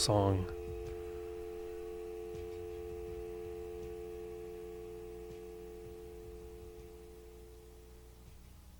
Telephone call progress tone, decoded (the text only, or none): dial tone